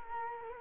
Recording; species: mosquito wingbeat signal from an infrared sensor; Culex quinquefasciatus